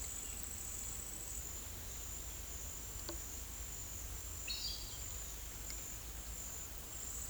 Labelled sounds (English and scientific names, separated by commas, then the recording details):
none
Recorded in pastures near Puerto Asís, Putumayo, Colombia, on 22 December 2024 at 08:30
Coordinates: 0.472, -76.329
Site G072